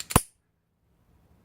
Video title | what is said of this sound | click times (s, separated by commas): what did I get on Black Friday special impact driver and half inch drill | can hear that snap | 0.1 s, 0.2 s